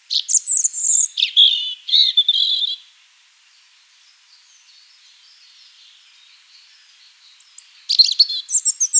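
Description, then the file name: European robin song: thin, high, sweet warbled phrases tumbling for about three seconds, a hushed pause, then another bright burst of high trills. "Erithacus rubecula"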